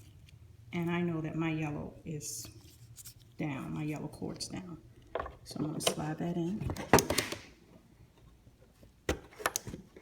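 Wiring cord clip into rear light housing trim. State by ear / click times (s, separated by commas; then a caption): seated / 9.5 s, 9.6 s. Someone talks while pushing the yellow wiring cord back into its plastic retaining clip on the rear light housing trim of a BMW X3 after a tail-light bulb change. Sharp snaps are heard at 9.5 s and 9.6 s as the clip seats and the cord snaps into place.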